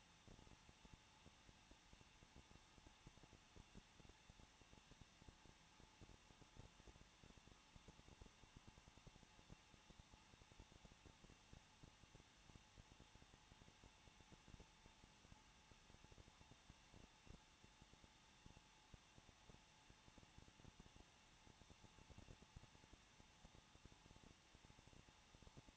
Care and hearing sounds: daily activity, microphone in the room; no activity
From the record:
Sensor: 1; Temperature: 20.1 degrees Celsius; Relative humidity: 39.2%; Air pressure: 1006.3 hPa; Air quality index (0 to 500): 218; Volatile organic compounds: 78 ppm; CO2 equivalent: 3594 ppm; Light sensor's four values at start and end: 1/2/1/1 and 1/2/1/1

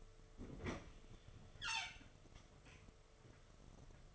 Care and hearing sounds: daily activity, microphone in the room; open fridge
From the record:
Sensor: 4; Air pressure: 1015.9 hPa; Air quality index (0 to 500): 196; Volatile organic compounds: 10 ppm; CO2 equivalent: 2255 ppm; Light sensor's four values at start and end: 19/43/18/19 and 13/31/13/14

